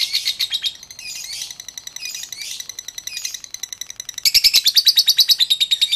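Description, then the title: Oriental magpie-robin singing in fast, high-pitched pulsed bursts, pausing briefly, then resuming louder and steadier near the end. "Kicau Kacer Durasi Panjang 1jam Lebih"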